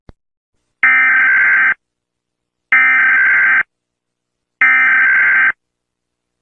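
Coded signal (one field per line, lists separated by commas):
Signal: Emergency Alert System (SAME) tones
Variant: header bursts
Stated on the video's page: Fictional nuclear bomb EAS mock set in Melon Playground.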